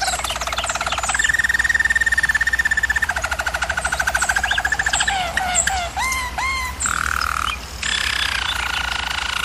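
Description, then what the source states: German Roller canary song mixing steady rolls with short, rising whistled notes repeated quickly, then a return to rolling; low hum throughout. German Roller canary song for training canaries.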